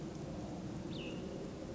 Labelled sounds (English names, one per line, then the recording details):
Cassin's Vireo
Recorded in Sonoma County, California